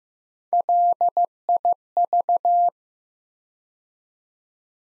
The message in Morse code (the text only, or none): LIV